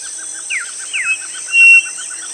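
Bird calls: two descending whistled slurs and a steady pure whistle over a rapid run of soft repeated chirps and a constant high hiss.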